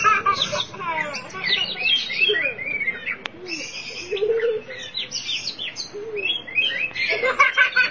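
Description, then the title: Oriental magpie-robin song, a dense stream of varied chirps, trills and rising whistles with a low hum and a sharp click in the background. Chirping song (kicauan) of the bird. "Suara Kicauan Burung Kacer Durasi Panjang"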